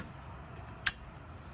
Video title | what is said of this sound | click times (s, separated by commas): Audi Hood strut replacement (Saved $100's) | boom and now it's locked into place not going anywhere | 0.9 s